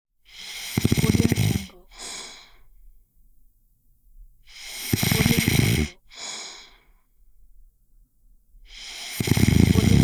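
A man snores: a loud, low-pitched rasping snore on each in-breath, followed by a short breathy out-breath, repeating about every four seconds.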